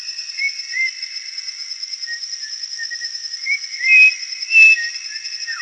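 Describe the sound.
Bird uttering soft sliding whistles, then two louder clear whistled notes toward the end; a persistent shrill tone runs underneath.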